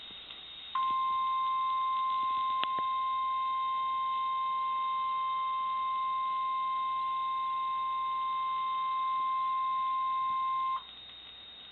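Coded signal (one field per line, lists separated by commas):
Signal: Emergency Alert System (SAME) tones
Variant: 1050 Hz attention tone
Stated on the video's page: Recorded from a live internet stream.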